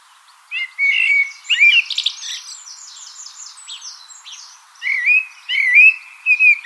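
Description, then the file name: Common blackbird song: low fluty whistled phrases broken by high squeaky twitters, several phrases separated by short pauses. "Turdus merula"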